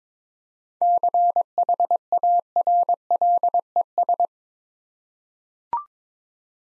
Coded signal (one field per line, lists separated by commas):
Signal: Morse code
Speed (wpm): 22 wpm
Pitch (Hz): 700 Hz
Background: none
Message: CHARLES